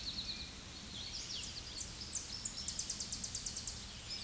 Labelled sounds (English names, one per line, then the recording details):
Tennessee Warbler song
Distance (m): 30 m
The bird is about 5 m below the microphone
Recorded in a Pennsylvania forest on 16 May 2024 at 07:45
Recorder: AudioMoth, point MSD-0438
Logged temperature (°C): 14.5 °C
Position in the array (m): 82 m, 73 m